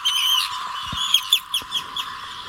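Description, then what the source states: Arctic tern calls: harsh, grating high notes, a few short strident cries in quick succession over steady background hiss. Migrates about 12,000 km along the African coast to the Cape of Good Hope.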